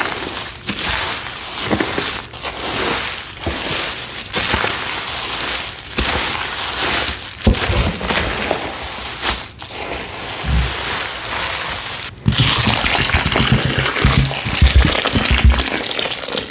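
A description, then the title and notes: Glitter pours and hisses in a dense, bright rush, broken by short knocks every second or two, with a louder, busier stretch after twelve seconds. Dumping glitter to make a glitter mix, pouring water, mixing paste, scooping into tins.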